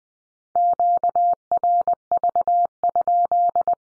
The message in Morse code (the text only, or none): QRV?